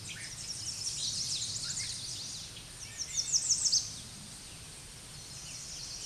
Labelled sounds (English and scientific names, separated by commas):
American Redstart (Setophaga ruticilla) song